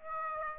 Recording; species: mosquito wingbeat signal from an infrared sensor; Aedes aegypti